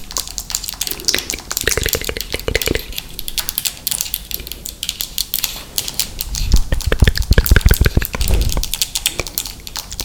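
ASMR with very long fingernails: a dense, rapid stream of crisp clicks and taps runs through the whole clip with no pause. The tapping grows heavier and fuller from about six and a half to nine seconds, with deeper knocks mixed into the bright clicking.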